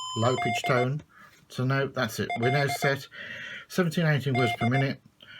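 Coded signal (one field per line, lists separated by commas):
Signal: Morse code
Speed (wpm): 18 wpm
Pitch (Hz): 700 Hz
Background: speech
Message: D L D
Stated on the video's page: Sent with a paddle into a uCPO code practice oscillator, demonstrating Iambic A and Iambic B modes with dot memory.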